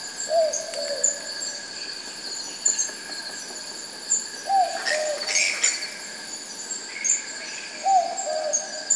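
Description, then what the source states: Sooty Owl uttering three short downslurred whistles, set against layered insect trilling and a brief burst of noise midway. Recorded at night in forest by an acoustic recorder deployed to detect koala calls.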